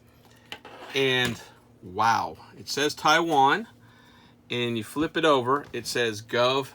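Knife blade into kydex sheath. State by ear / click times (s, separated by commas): seated / 0.5 s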